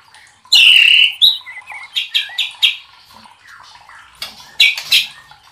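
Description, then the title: White-rumped shama singing a loud clear whistled note, then a string of sharp chirping phrases. Masteran training recording for cage birds; murai batu labaik. "MASTERAN MURAI BATU LABAIK"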